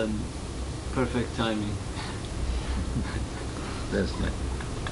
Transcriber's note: laughs